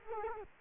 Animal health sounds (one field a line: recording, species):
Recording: mosquito wingbeat signal from an infrared sensor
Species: Culex quinquefasciatus